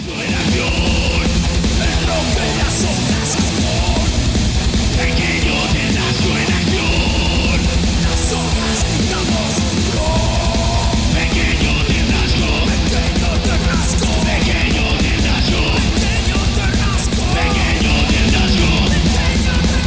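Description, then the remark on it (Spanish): Loud, chaotic yelling and screaming carries on nonstop for the whole stretch, a dense wall of raised voices with shrill peaks rising above the din. “Como siempre, al control técnico y a los alaridos, pues yo, que ya te lo he dicho.”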